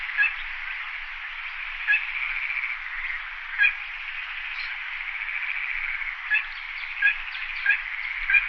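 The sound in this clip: Bird calling in short sharp notes at uneven intervals over a constant hissing background.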